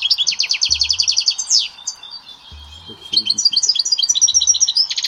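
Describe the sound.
European goldfinch singing rapid twittering trills and a downslurred buzzy note, a brief pause, then renewed tinkling phrases over faint low bumps.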